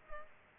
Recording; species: mosquito wingbeat signal from an infrared sensor; Culex pipiens